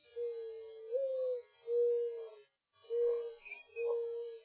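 Owl hooting: four long, steady, hollow notes, with a brief silent gap between the second and third.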